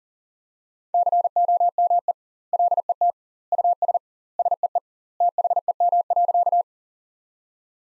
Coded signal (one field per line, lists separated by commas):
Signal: Morse code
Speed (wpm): 40 wpm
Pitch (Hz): 700 Hz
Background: none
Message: COME LET US SEE THEM.